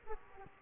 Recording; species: mosquito wingbeat signal from an infrared sensor; Aedes aegypti